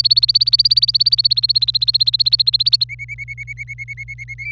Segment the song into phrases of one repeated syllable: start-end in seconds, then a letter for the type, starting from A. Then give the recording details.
0.00-2.84 A, 2.89-4.34 B, 4.39-4.52 C. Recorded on 26 April 2018 at 06:28. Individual llb3